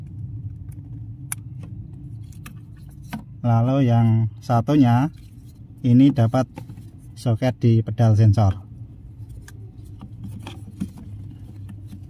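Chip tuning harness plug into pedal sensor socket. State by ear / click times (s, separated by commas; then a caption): not seated / none. A chip tuning harness plug is handled at the accelerator pedal sensor socket while someone talks, with small sharp taps and rustles through the clip over a low steady hum. Nothing has seated or clicked into the socket yet.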